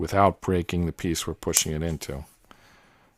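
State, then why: Seated. Someone talks while pushing a plywood part of an Ugears Research Vessel wooden mechanical model kit into a mating plywood piece. After the talking stops, a short, faint click is heard at 2.5 s as the part seats into place.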